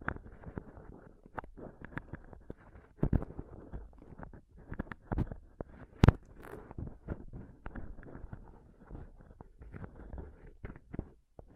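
Scratching and touching on a microphone, heard as a dense run of rough rubs and sharp clicks. The handling never settles, with louder scrapes near three seconds and a sharp bump around six. Low rumbling thuds sit under the scratches throughout.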